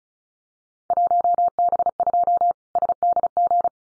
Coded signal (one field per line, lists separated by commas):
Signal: Morse code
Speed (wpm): 34 wpm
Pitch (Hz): 700 Hz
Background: none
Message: 1B2 SDG